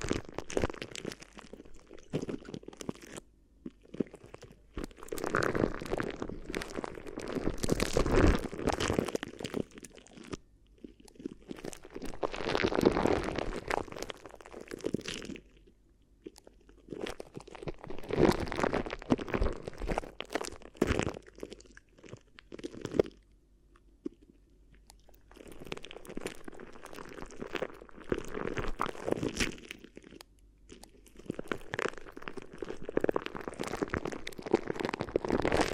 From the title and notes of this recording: ASMR Addictive Crinkly Ear Massage (No Talking).